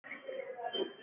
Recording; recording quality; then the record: sustained vowel as in made; poor, much background noise or distortion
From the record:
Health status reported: COVID-19 positive, moderate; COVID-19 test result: positive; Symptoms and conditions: muscle pain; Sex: female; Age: 25 years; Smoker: not ticked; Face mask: not worn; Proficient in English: yes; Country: India